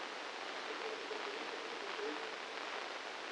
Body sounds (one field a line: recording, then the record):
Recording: brain microelectrode recording played as sound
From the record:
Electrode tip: inside the subthalamic nucleus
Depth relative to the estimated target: 1 mm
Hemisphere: left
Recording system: NeuroSet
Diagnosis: Parkinson's disease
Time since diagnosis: 9 years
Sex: male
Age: 56 years